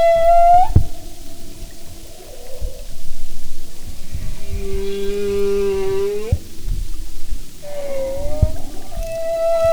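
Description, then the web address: Humpback whale song with a sequence of units: a high whistled moan, a long low rising harmonic moan, then another wavering tonal cry, amid underwater crackle. "Sound and Marine Mammals humpback"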